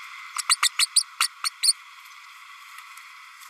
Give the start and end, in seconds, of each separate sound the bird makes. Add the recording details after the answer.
0.38-0.42, 0.49-0.57, 0.62-0.69, 0.78-0.86, 0.95-1.03, 1.20-1.28, 1.44-1.49, 1.62-1.74. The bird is a female. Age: 32 days. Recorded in a nest box in Venezuela. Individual 17B32A5